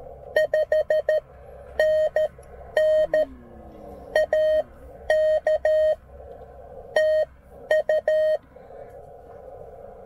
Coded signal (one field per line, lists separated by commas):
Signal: Morse code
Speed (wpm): 12 wpm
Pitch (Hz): 620 Hz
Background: none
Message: 5NN AK TU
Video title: POTA 13WPM CW QRS practise at Okotoks Erratic